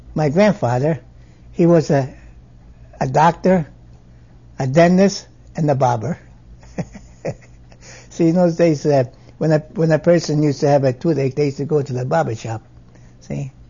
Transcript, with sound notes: My grandfather, he was a doctor, a dentist and a barber. ( he laughs ) See, in those days when a person used to have a toothache they used to go to the barber shop, see.